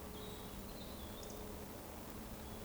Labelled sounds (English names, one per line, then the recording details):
Eurasian Woodcock whistle
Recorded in Baden-Württemberg, Germany, on 24 June 2020 at 19:40 UTC
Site 14569, 102 m above sea level